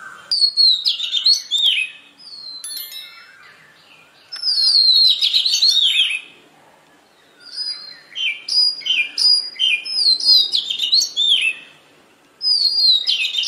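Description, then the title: Oriental magpie-robin song, a series of loud, tumbling whistled phrases with squeaky twitters, each phrase a couple of seconds long and separated by brief pauses. "Magpie Robin Song Doyel Pakhir Dak Wildindiamit"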